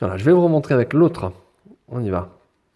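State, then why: Not seated. A buzz-saw accessory is being handled to be pressed into the open body of a plastic action figure. Someone talks throughout, and a faint sound comes at 2.75 s, but nothing has seated or clicked yet.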